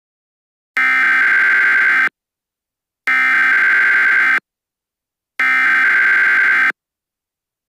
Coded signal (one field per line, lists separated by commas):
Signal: Emergency Alert System (SAME) tones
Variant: header bursts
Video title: The Creature: An EAS Scenario